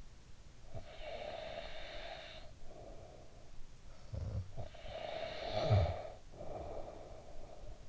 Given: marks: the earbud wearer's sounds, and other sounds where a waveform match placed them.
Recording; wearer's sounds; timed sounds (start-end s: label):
sounds in sleep by an in-ear microphone; snoring breath
0.58-3.73 s: snoring breath
4.04-7.89 s: snoring breath